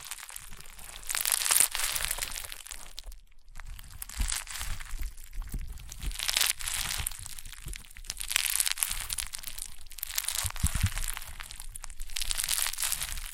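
Rainbow honeycomb slime is squeezed and worked, giving dense crunchy crackling full of tiny pops, bright and hissy throughout. It comes in repeated surges every couple of seconds, with a brief silent gap near three seconds and soft low thumps underneath.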